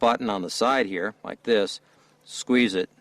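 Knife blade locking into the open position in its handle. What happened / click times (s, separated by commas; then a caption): Handled, not yet home: the blade has not locked / none. A man talks while pressing and squeezing the side button on a Paul button-lock folding knife, handling it so the blade can swing open and lock into place in its handle. The clip ends before the blade goes home, so nothing has seated or clicked yet.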